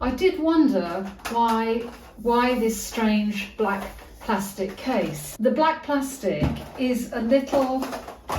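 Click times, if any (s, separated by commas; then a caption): none. A black plastic pen case is handled while someone talks throughout, its clicking mechanism meant to prop the case upright on its stand. Nothing has clicked or seated into the upright position yet.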